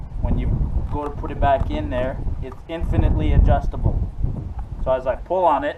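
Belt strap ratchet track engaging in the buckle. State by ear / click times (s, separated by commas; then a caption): not seated / none. Someone talks while pulling the strap of a Kore Essentials X5 Tactical Belt back into its ratcheting buckle, which works like a zip tie and is infinitely adjustable. The clip ends just before the ratchet track engages, so nothing has clicked or seated in the buckle yet.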